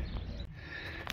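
An aftermarket turn-signal harness with plastic connectors, fitted as an anti-hyper-flash fix on a 2016 Silverado truck, is pushed into the truck's lamp socket plug. A low steady rumble runs underneath until a sharp click at 1.1 s, when the connector seats in the plug.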